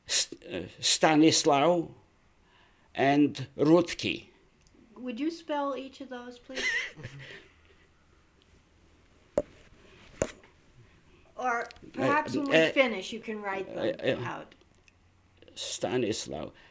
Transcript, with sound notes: Stanislau and Rudki.
Would you spell each of those, please? (laughs) Or perhaps when we finish you can write them out.
Stanislau.